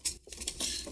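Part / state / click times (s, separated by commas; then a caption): cardstock insert tabs into slits of a paper display box / seated / 0.3 s, 0.5 s. Two cardstock tabs of a paper display-box insert are pushed through small slits in the box, so the insert holds without glue or tape. Soft paper rustling is broken by two short clicks at 0.3 s and 0.5 s as each tab seats into its slit, and the insert is held in place.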